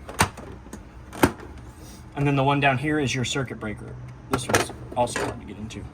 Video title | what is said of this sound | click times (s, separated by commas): Virtual Walkthrough of the Used 2008 Keystone Montana 3075RL Fifth Wheel at Parkland RV Center | and it just pops into place. | 0.2 s, 1.2 s